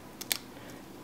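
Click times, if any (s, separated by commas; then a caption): 0.3 s. A Raspberry Pi I/O board is pressed down onto the posts of a plastic case base, giving a faint tick at 0.2 s and then a sharp, bright snap at 0.3 s as it seats into place. No one talks in the clip.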